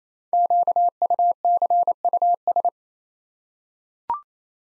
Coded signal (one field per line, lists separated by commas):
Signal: Morse code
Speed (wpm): 28 wpm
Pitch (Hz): 700 Hz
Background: none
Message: QUCUS